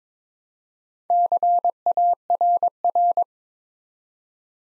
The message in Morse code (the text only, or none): CARR